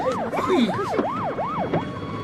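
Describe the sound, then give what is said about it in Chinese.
A police siren wails in rapid rising-and-falling sweeps, about five quick cycles, loud and steady over a low rumble of traffic noise. “哎呀，好了，警察来了！”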